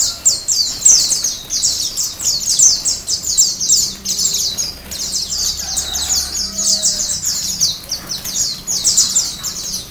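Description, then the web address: White-eye song of quick, sharp, high chirping notes in long runs, with a faint low hum underneath. Song style called ombyokan. "pleci-ombyokan masteran pleci"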